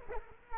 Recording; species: mosquito wingbeat signal from an infrared sensor; Culex quinquefasciatus